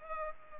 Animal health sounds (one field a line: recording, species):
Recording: mosquito wingbeat signal from an infrared sensor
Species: Culex pipiens